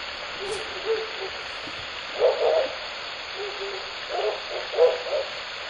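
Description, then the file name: Owl giving low hoots in short clusters, several notes in a few seconds, over constant background hiss. Shōnen no Mori, 16 May 2021 at 21:09. "フクロウ番 2105162109 少年の森"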